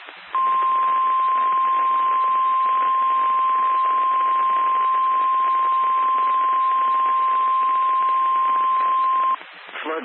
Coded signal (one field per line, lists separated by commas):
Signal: Emergency Alert System (SAME) tones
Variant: 1050 Hz attention tone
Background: speech